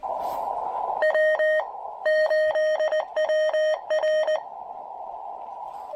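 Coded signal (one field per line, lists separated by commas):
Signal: Morse code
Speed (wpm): 19 wpm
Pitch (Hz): 1850 Hz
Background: none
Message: W8WR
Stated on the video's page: QRP activation at a state forest using an Elecraft KX2 with AX1 antenna.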